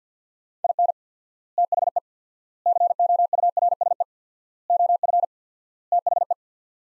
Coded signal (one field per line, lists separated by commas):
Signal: Morse code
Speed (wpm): 50 wpm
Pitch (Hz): 700 Hz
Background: none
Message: IN THE COURSE OF THE